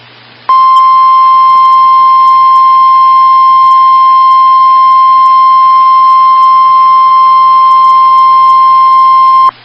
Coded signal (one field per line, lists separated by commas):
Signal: Emergency Alert System (SAME) tones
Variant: 1050 Hz attention tone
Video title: Required Weekly Test - LIVE VOICE on KIH42 (EAS 2946)